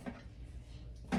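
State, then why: Not seated. A metal lid is handled on a Denali pressure canner loaded with stacked jars, being turned to lock it on. A faint knock comes at about 0.1 s, then a louder metallic scrape builds from 1.1 s to the end of the clip. Nothing has seated or clicked yet; the lid is not yet home.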